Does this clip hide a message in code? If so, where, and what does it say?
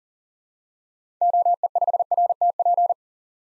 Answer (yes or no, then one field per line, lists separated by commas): yes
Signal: Morse code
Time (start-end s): 1.2-2.9 s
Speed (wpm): 37 wpm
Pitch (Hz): 700 Hz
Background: none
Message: OE5RTP